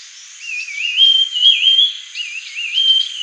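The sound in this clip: Grey-headed babbler singing repeated wavy whistled phrases that rise and dip, several loops in quick succession, with a constant high hiss behind.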